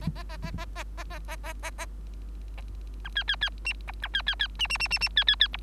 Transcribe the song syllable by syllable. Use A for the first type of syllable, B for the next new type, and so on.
A A A A A A A A A A A A B C C C D E B C C C D D D D D C C C E